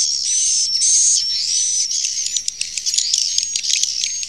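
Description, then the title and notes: Swiftlet chirping calls, a dense high-pitched twittering with thin whistled notes and buzzy bursts, continuous throughout and breaking into rapid clicky chatter toward the end. Sound used for swiftlet farming in Asia. "Swiflet Bird Sound. Farming Swiflet Bird asia sound"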